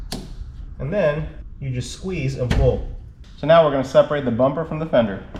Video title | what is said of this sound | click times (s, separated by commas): 2025+ Ford Maverick Light Bar Install - Full Tutorial by M&R Automotive | You pull it towards yourself until it clicks. | 0.1 s